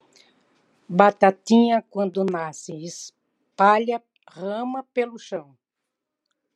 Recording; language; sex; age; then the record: short text; Brazilian Portuguese; female; 70 to 79 years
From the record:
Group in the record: control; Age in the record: 70 years